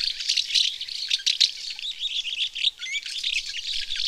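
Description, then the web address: House martin chatter, continuous rapid scratchy twitters and chirps with a few thin rising notes after the midpoint. Lower Saxony, Germany. "niedersachsen mehlschwalbe"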